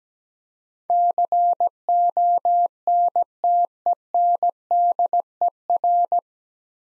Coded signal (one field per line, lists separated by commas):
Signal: Morse code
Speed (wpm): 17 wpm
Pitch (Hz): 700 Hz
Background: none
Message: CONTENDER